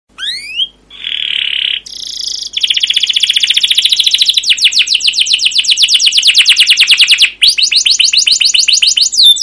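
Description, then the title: Canary song opening with an upward slur and a buzzy note, then a long rapid rattling trill of repeated high notes with a brief break. Canary song used as a lure to train other canaries; described as long, persistent rolling song with 'cuit cuit' notes. "CUIT CUIT NGEROL LANGSUNG GACOR PANJANG Kenari Ini AMPUH Utk Pancingan KENAR"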